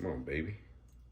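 A metal brake pad abutment clip for a 2007–2012 Dodge Nitro is being pressed into the front caliper bracket while someone talks. A low hum runs underneath as the clip is handled. Nothing has seated or clicked yet.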